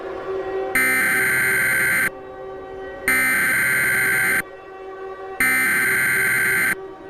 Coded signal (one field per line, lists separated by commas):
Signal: Emergency Alert System (SAME) tones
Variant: header bursts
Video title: SOLAR ECLIPSE EAS SCENARIO